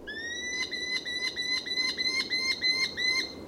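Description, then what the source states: Merlin chattering a quick run of sharp, high notes over a steady high tone. Compact falcon smaller than a pigeon, able to knock one from the air; range expanding southward.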